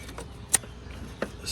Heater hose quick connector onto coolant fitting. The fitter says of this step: Second click.